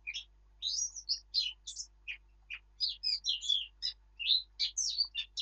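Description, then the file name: Eurasian blackcap delivering a lively warbled song of jumbled, varied chirps, nearly unbroken for several seconds. "Sylvia atricapilla"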